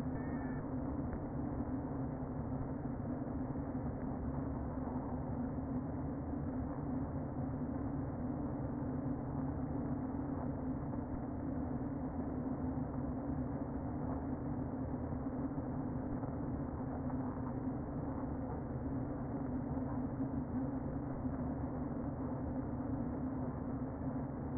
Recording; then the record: honeybee colony, microphone inside the hive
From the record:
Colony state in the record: queen present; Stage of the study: before two queens were removed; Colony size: about 60,000 bees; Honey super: yes